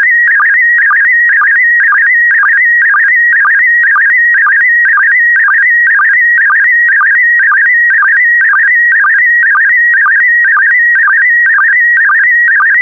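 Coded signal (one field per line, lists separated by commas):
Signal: SSTV (slow-scan television)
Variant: PD120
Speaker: complete. You can now check your decoded image against the picture that is shown on the video.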